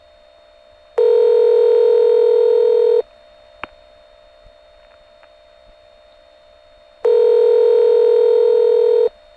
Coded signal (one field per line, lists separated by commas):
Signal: telephone call progress tone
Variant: North America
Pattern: ringback tone